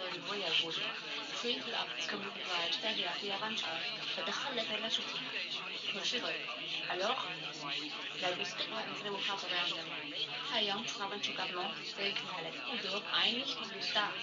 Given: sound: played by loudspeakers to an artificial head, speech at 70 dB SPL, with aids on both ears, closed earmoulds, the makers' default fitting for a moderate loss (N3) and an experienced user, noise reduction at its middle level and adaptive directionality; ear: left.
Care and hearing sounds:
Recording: speech test signal (ISTS) in cocktail-party noise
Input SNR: +3 dB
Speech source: on the right (90 degrees)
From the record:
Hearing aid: class 1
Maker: G

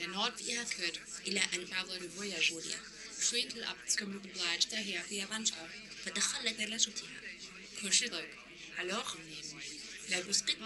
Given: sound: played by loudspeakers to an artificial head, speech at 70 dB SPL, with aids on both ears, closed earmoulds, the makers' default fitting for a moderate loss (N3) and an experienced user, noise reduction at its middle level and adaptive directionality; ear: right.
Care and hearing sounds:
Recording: speech test signal (ISTS) in cocktail-party noise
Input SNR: +6 dB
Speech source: in front (0 degrees)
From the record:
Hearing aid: class 1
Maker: H

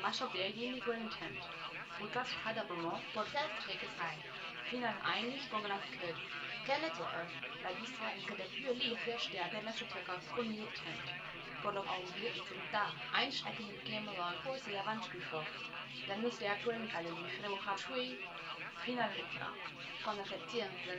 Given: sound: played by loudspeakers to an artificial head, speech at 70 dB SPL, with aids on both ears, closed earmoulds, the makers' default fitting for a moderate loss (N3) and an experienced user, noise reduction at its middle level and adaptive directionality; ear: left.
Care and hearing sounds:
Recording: speech test signal (ISTS) in cocktail-party noise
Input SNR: +6 dB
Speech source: on the right (90 degrees)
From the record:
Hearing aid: class 1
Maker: F

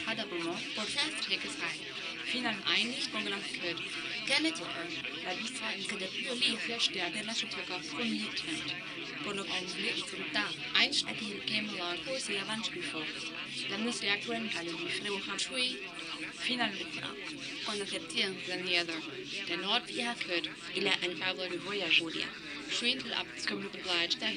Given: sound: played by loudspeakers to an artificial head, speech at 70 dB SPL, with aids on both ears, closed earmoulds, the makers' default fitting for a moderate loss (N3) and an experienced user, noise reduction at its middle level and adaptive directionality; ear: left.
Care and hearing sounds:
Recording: speech test signal (ISTS) in cocktail-party noise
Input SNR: +3 dB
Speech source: in front (0 degrees)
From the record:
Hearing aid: class 2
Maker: D

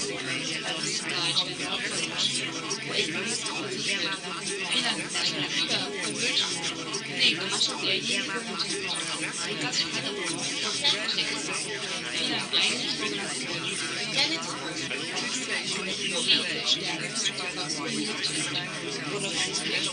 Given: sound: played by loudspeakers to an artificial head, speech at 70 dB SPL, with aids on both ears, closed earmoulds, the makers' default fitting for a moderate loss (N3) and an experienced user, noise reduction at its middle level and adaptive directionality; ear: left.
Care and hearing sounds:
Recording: speech test signal (ISTS) in cocktail-party noise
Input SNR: -6 dB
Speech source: on the right (90 degrees)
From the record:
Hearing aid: class 2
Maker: A

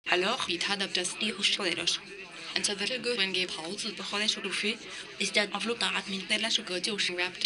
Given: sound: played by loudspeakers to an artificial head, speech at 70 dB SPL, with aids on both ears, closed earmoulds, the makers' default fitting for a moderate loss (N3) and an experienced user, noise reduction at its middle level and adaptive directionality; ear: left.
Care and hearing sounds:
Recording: speech test signal (ISTS) in cocktail-party noise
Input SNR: +9 dB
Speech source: in front (0 degrees)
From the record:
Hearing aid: class 2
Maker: B

